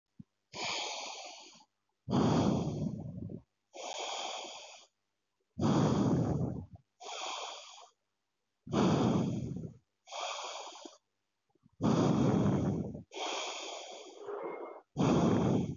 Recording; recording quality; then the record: deep breathing; moderate, slight background noise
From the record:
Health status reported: healthy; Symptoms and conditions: none ticked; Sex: male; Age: 24 years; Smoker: not ticked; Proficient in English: yes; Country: India